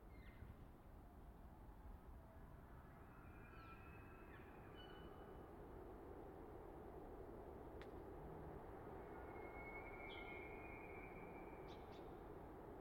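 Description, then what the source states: Elk bugles: several faint, high whistled tones scattered throughout, some sliding briefly, over a steady low rumble of background noise. Elk bulls bugling in the distance, reverberating off hillside and forest, Colockum Wildlife Area, last week before firearm hunting season.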